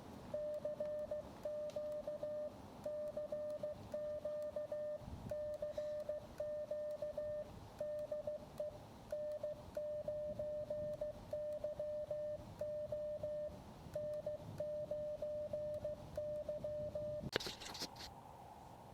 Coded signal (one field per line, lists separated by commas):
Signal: Morse code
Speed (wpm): 15 wpm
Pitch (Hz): 600 Hz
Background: none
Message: CQ CQ CQ DE N9YO N9Y